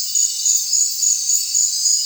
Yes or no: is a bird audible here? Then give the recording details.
no. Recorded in secondary vegetation near Puerto Asís, Putumayo, Colombia, on 25 June 2025 at 19:30. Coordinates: 0.499, -76.323. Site G077